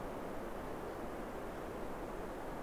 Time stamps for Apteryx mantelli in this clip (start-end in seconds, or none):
none